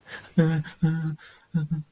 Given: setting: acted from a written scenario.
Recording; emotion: vocal sound without words; fear